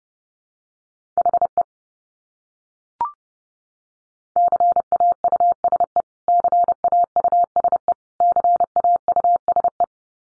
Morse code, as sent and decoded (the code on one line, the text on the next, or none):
.... . / -.-. .- ..- ... . / -.-. .- ..- ... . / -.-. .- ..- ... .
HE CAUSE CAUSE CAUSE